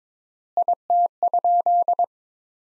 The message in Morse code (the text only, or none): IT?